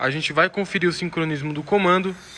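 During a timing check on a rebuilt THP engine, a metal camshaft timing locking tool is being brought to the camshaft timing slots while someone talks throughout. No click is heard, and the tool has not seated yet.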